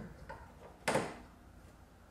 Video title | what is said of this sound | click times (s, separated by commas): How To Replace the Fuel Filter on a Volkswagen / Audi 2.0T! | that on wait you're gonna click | 0.9 s